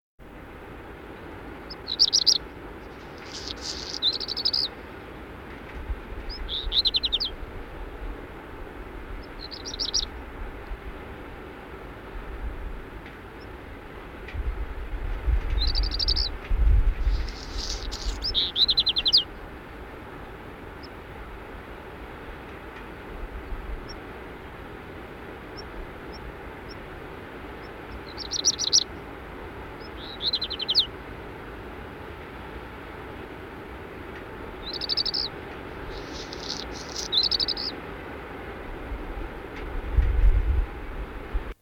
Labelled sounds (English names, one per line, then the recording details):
Black Redstart song
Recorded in the wild
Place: Sapareva Banya, Rila-Gebirge, Sofia, BG
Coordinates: 42.29, 23.269
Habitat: Montains
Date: 1974-05-20
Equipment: Nagra III BH, Sennheiser MD 21, parabola
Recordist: Schubert, Michael
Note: Gesang Hausrotschwanz (Felsbewohner)